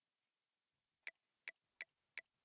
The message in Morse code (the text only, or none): none